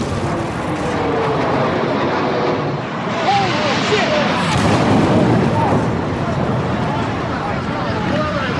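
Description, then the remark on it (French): A jet airliner's roar swells and ends in a crash into the south tower of the World Trade Center in New York on 11 September 2001. The second plane comes from the south and strikes near the top of the building. A heavy rumbling burst sounds around the middle, with dense noise and voices continuing throughout. “Il venait du sud et a heurté la tour sud vers le haut de l'immeuble.”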